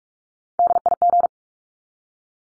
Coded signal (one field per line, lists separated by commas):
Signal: Morse code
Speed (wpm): 44 wpm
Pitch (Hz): 700 Hz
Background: none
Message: DIG